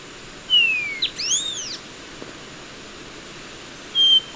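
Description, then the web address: Bronze-green euphonia calls: a descending thin whistle with a sharp note and arched ringing notes, then after a pause a short flat high whistle. Ecuador. "Natures Songs S America Birds of Ecuador Bronze-Green Euphonia"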